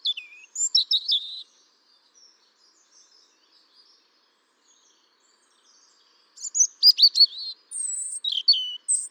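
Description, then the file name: European robin song, a brief warbled phrase at the start, then a quiet gap, then a longer sparkling phrase of high thin notes and trills. "Erithacus rubecula"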